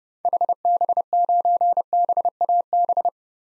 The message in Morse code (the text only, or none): HB9BAB